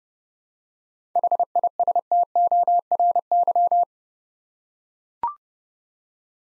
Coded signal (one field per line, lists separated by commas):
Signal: Morse code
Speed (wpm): 28 wpm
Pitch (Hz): 700 Hz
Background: none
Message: HISTORY